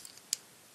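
A rotated leg section of a plastic action figure locks into place on a small spring-loaded peg. Faint ticks come at 0.1 s and 0.2 s, then a sharp, bright click at 0.3 s as the peg seats. The leg section is locked in.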